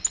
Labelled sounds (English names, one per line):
Nashville Warbler flight call